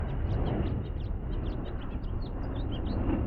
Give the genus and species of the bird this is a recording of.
Haemorhous mexicanus